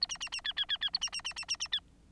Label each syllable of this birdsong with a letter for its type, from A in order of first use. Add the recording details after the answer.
A B B B C C C C A B B B B B B C. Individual Bird9